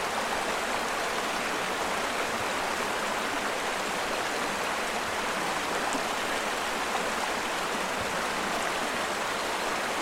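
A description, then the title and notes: Clear water tumbles over mossy rocks in a small waterfall, a steady rushing hiss that never lets up. The sound is dense and bright, mostly in the upper range with little low rumble, and the level stays even throughout with no separate events. Pure clear water tumbles over a waterfall in a Irish fairy glen. Pure clear water tumbles from pool to pool though mini-gorges of moss covered rocks.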